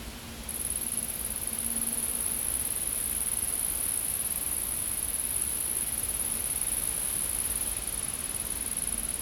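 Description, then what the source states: An insect's shrill, high continuous trill begins within the first second and carries on evenly throughout, with faint low hum beneath. Insects recorded in a field.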